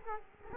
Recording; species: mosquito wingbeat signal from an infrared sensor; Culex quinquefasciatus